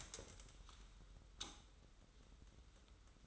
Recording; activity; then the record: daily activity, microphone in the room; stand up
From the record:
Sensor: 3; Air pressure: 994.4 hPa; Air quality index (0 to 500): 199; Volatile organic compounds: 1000 ppm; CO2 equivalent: 6596 ppm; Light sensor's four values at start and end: 165/390/166/164 and 181/430/183/184